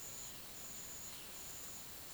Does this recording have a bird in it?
no